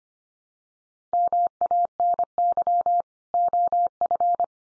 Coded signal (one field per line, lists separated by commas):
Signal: Morse code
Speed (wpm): 25 wpm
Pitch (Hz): 700 Hz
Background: none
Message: MANY OF